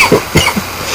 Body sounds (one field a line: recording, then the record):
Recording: coughing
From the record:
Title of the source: Dry Afternoon Cough